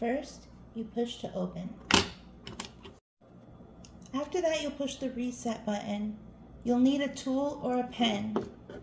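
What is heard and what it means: Someone talks while handling the plastic/metal combination lock on a suitcase, pushing it open and then getting ready to press its small reset button with a tool or pen tip. A few short, sharp handling taps come between about 1.9 and 2.7 seconds. The reset button has not clicked in yet.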